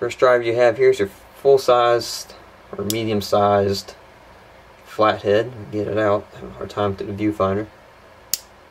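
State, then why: Seated. Someone talks while the full-size flathead driver blade of a compact Gerber Dime multi-tool is swung out. At 8.3 s the blade locks into its open position with one sharp click, and it is seated.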